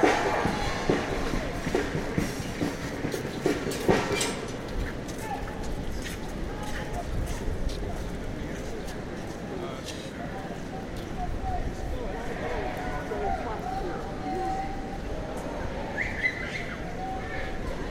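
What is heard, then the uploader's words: Washington Square Park in New York, with a dense, steady murmur of many voices overlapping throughout. Sharp clicks and taps punctuate the first few seconds, and a thin whistling tone rises briefly near the end, over a constant low rumble. NYC Washington Square Park Nature and People.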